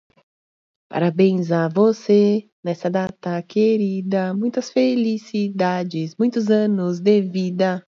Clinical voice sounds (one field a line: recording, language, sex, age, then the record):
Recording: short text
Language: Brazilian Portuguese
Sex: female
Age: 30 to 39 years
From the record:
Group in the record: control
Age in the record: 36 years